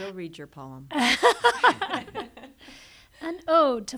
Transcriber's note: laughter